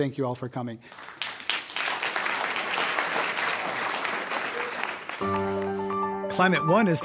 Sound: applause

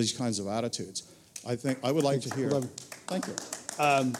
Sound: clapping

